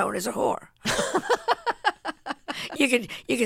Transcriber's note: laughter